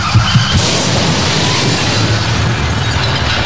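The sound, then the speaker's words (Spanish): In a Spanish traffic-safety radio advert about driving on cocaine, a car engine revs hard under a loud, dense roar of noise and a heavy crash, with a deep rumbling low end that stays loud for the whole few seconds. “Lo peor que te puede pasar con la cocaína no es que acelere tu corazón, es que acelere tu coche.”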